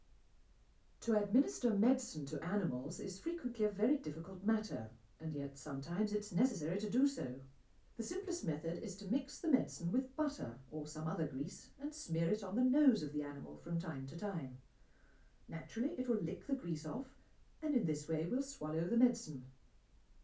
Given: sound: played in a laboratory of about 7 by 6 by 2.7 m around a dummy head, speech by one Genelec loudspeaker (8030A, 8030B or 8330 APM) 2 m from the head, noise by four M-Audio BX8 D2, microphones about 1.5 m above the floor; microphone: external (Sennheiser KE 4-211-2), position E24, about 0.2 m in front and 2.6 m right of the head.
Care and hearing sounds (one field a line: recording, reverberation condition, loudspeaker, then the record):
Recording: female speech in English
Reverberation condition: low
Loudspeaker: behind (180 degrees)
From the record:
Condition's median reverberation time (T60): about 310 ms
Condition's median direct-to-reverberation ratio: about 3.5 dB